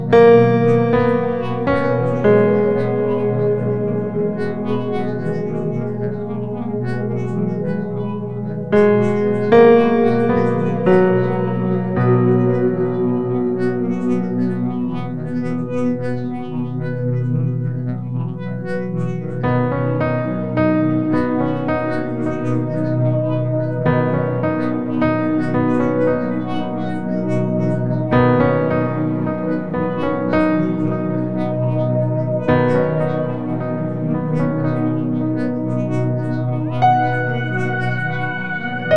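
Slow meditation music made of soft, sustained tones layered over a steady low drone. The chords shift gently every few seconds, with brighter notes entering around ten, twenty and thirty seconds, and the level stays even throughout.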